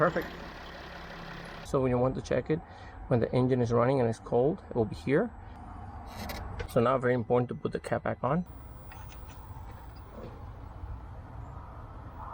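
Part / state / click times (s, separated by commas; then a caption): transmission fill tube locking cap on the tube / not seated / none. Someone talks while handling the plastic locking cap for the transmission fill tube on a Mercedes Sprinter, fitting it onto the tube, with a steady low hum underneath. The cap has not clipped or seated yet when the clip ends.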